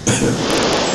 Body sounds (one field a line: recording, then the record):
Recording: coughing mixed with background sound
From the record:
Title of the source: Spring Cold Coughing.